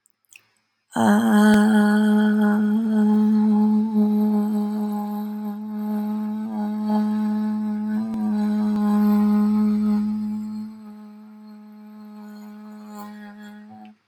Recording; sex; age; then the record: vowel held as long as possible; female; 20 to 29 years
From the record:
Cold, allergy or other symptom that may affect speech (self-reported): no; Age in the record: 22 years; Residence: Georgia, United States